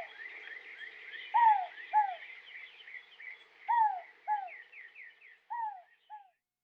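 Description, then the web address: Inca dove paired cooing notes, each pair of short descending hoots repeated about every two seconds, with other birds chirping in the background. Western North America. "Dan Gibson Wildlife Identification By Sound, Western North America. Inca Dove"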